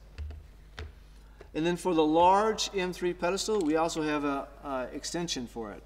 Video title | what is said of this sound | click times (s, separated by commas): Unilock Pedestal Kit Unboxing - Edu-Series 2021 | also will snap into place | 0.8 s